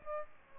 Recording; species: mosquito wingbeat signal from an infrared sensor; Aedes albopictus